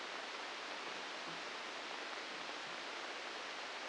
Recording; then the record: brain microelectrode recording played as sound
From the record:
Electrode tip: inside the subthalamic nucleus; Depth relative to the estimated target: -2 mm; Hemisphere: right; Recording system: NeuroSet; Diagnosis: Parkinson's disease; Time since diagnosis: 9 years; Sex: female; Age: 51 years